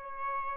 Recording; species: mosquito wingbeat signal from an infrared sensor; Aedes albopictus